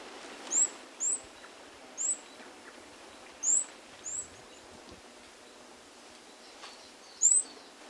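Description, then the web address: Buff-breasted mountain tanager giving thin, very high chips, six short notes spaced irregularly over eight seconds, with soft background hiss. Recorded in Ecuador. "Natures Songs S America Birds of Ecuador Buff-Breasted Mountain-Tanager"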